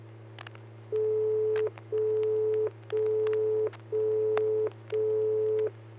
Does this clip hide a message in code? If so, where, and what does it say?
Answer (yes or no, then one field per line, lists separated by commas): no